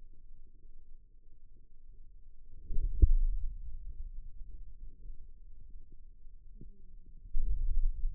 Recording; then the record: forearm muscle sounds (acoustic myography)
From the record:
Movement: pen grasping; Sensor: system 2, bracelet of six BSWA MPA416 microphones around the upper forearm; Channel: 4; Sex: male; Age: 22 years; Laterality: right